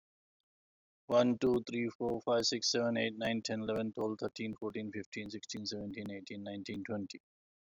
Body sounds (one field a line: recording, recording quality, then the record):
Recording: counting at a fast pace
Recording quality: excellent, no background noise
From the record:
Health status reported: recovered from COVID-19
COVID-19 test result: positive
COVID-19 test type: RT-PCR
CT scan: not taken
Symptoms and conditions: cough, cold, sore throat, fever, fatigue, hypertension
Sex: male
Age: 58 years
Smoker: no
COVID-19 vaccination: both doses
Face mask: not worn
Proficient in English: yes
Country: India